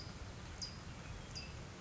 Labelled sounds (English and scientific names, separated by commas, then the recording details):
California Towhee (Melozone crissalis)
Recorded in Sonoma County, California